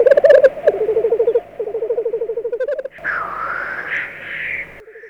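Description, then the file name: Black grouse display: a rapid bubbling, pulsed low roll that repeats in short bursts, then a long harsh hissing sneeze that rises and falls for nearly two seconds. "cietrzew"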